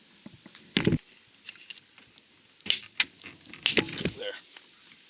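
A hinge-side part of a Larson Savannah storm door is handled against the door frame during installation, producing short sharp metallic taps and rattles around 0.8, 2.7, 3.0 and 3.7 seconds while someone briefly talks. Nothing has seated or clicked into place yet.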